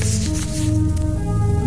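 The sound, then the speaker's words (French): Rolling paper being handled, with a soft, continuous papery rustle and a few faint crinkles over a steady low humming tone. “Le papier.”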